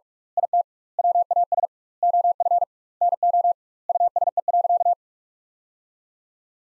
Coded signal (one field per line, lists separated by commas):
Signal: Morse code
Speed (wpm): 46 wpm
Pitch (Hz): 700 Hz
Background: none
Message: IT WAS OF NO USE.